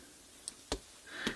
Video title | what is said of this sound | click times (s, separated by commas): How to Clean the Controls in a NuTone ISB53 Intercom Remote Station | so we're going to put our button caps back on and they just sort of snap in place | 0.5 s, 0.7 s